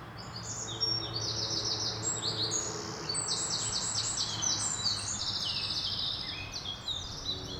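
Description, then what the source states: Birds chirping in a dense chorus, many high quick twittering and trilled notes overlapping throughout, with a steady low hum underneath. Birds chirping in a forest.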